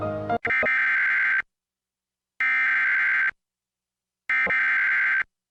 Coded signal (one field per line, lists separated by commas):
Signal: Emergency Alert System (SAME) tones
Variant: header bursts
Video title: EAS #6 - Severe Thunderstorm Warning